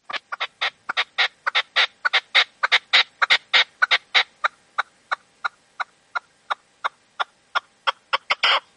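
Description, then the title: Partridge or tinamou song: a rapid chain of loud, harsh chuckling notes that gradually slows and spaces out, then bunches up again at the end. "Canto de Perdiz"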